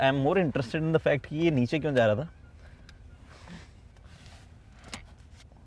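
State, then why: Seated. Someone talks for the first couple of seconds, then quieter handling and scraping sounds follow as a rear-row seat backrest in a 2024 Mercedes GLS is moved back into position. A sharp click at 4.9 s is the backrest latch engaging and locking into the seat frame.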